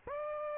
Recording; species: mosquito wingbeat signal from an infrared sensor; Aedes aegypti